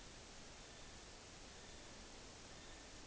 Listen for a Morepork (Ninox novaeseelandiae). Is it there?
no